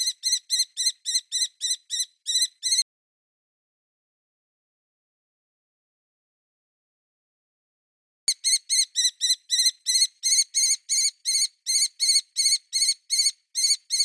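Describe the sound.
Kestrel calls as strings of piercing, evenly spaced chirps, a run of notes, a long silent gap, then another extended sharp series.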